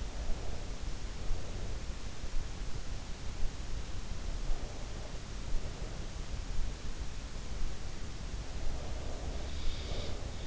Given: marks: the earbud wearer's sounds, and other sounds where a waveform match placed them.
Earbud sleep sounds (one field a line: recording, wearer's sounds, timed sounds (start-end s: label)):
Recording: sounds in sleep by an in-ear microphone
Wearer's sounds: breath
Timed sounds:
0.00-1.91 s: breath
4.14-6.46 s: breath
8.47-10.47 s: breath